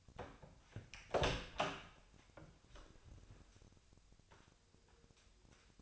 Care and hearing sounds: daily activity, microphone in the room; open door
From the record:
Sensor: 2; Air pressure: 1007.4 hPa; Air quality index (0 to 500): 180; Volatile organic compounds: 10 ppm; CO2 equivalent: 2214 ppm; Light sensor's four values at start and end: 9/22/9/9 and 10/23/10/10

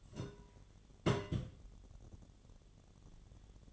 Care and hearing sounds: daily activity, microphone in the room; place on stove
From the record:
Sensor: 4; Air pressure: 1010.9 hPa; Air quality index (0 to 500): 166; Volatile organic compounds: 4 ppm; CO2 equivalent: 1691 ppm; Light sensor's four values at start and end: 41/116/46/48 and 41/116/47/48

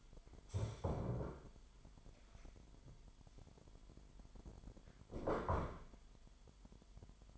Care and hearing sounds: daily activity, microphone in the room; stand up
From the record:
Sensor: 5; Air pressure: 998.6 hPa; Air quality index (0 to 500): 84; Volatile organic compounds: 1 ppm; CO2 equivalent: 964 ppm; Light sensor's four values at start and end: 36/87/36/40 and 36/87/36/40

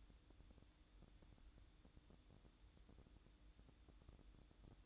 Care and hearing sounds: daily activity, microphone in the room; make coffee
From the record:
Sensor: 3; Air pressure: 1007.3 hPa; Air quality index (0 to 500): 54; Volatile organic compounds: 1 ppm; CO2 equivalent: 590 ppm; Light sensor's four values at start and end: 8/18/7/7 and 8/18/7/7

